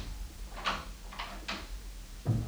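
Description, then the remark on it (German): An office door opens as someone enters after knocking. A few soft, separate clunks and clicks come from the latch and handle, spaced unevenly over a low steady hum, with no one speaking. “Sie treten ein.”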